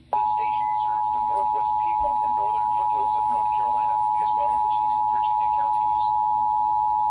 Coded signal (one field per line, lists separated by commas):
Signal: Emergency Alert System (SAME) tones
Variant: 853 and 960 Hz attention tone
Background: speech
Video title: Severe Weather EAS Alerts (Marginal Risk) (7/7/26) EAS 275 - 278